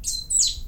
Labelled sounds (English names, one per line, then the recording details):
Stitchbird song
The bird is a male
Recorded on Tiritiri Matangi Island, New Zealand, in 2005
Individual 22, of nest box 31